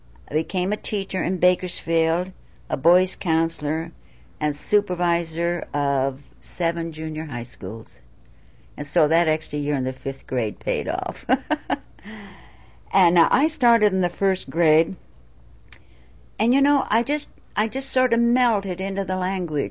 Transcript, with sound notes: became a teacher in Bakersfield, a boy's counselor, and supervisor of seven junior high school. And so that extra year in the fifth grade paid off. (She laughs.) And I started in the first grade and, you know, I just sort of melted into the language.